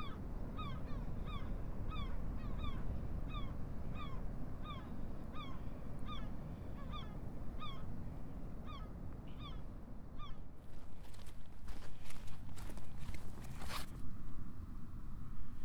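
Walking the coast path, a steady low wind roar under regular repeated bird calls, giving way after ten seconds to scraping rustles.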